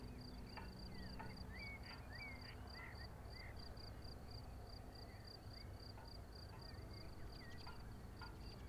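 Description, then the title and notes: Cricket chirping steadily at high pitch, around two to three pulses a second, with short bird chirps and a low background rumble. Crickets chirping on an unnamed road at Vogtsburg im Kaiserstuhl, Germany, overlooking a wide plain, with small aircraft engine noise. "Unnamed Road, 79235 Vogtsburg im Kaiserstuhl, Deutschland - Grillen zirpen. Zirpen der Grillen. Motorenlärm eines Kleinflugzeugs"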